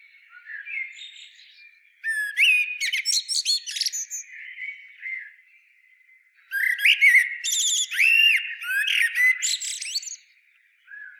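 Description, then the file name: Common blackbird delivering two warbled song phrases laced with high, scratchy twitters, the second longer and busier, with quiet stretches before and between. "Turdus merula"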